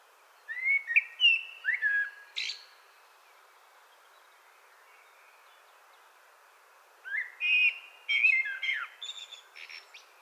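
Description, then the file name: Common blackbird song, two mellow whistled phrases of slurred notes, each ending in thin, high twitters, separated by about four seconds of quiet. "Turdus merula"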